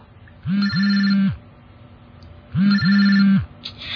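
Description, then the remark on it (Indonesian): A mobile phone buzzes and rings in two repeated bursts, each a short then longer low vibrating hum layered with a bright, warbling ringtone, separated by a brief pause. “Karena suara getar dan dering di handphoneku.”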